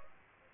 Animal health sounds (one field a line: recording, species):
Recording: mosquito wingbeat signal from an infrared sensor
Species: Aedes aegypti